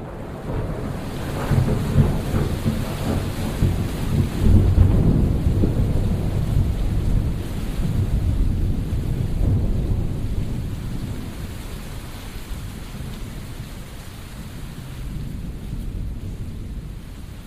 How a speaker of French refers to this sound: Violent orage.